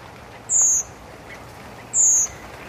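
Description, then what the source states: Redwing seep calls, two thin, high, slightly falling notes about one and a half seconds apart over a steady low hiss. Redwings flying over at night in autumn, giving soft, thin seep calls.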